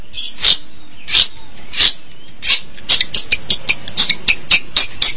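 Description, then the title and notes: Long-tailed Shrike giving harsh, rasping high notes, spaced at first, then quickening into a steady series. Called pentet in Indonesian; recording labelled 201703. "Pentet 201703. Suara burung pentet"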